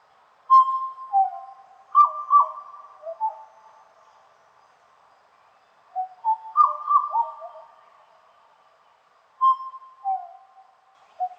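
Black butcherbird song: a pure whistled note followed by a lower one, then gurgling, tumbling flute-like phrases, repeated with short pauses between.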